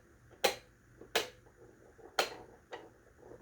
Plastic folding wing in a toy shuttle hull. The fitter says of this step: hear the clicking and one